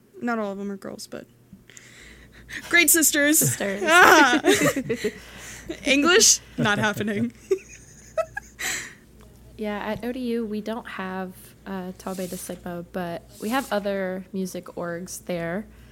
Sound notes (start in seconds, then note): 3.2 laughs; 7.3 laughs